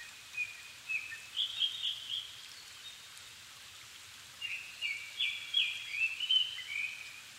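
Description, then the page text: Japanese thrush singing two bursts of rapid, varied whistled phrases separated by a pause of about two seconds. Recorded 7 May 2011 at 17:59, altitude 270 m, with a Sony PCM-D50 recorder and Panasonic WM-61A microphone. "kurotugumi 20110507-1759. Turdus cardis [Sounds -Nikko Today-]"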